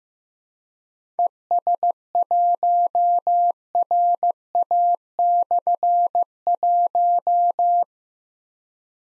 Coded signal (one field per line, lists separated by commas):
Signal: Morse code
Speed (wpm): 15 wpm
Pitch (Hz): 700 Hz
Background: none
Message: ES1RA/1